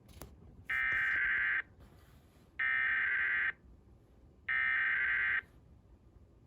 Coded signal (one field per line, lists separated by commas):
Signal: Emergency Alert System (SAME) tones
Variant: header bursts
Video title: when Arie sends out a DMO (EAS#42069)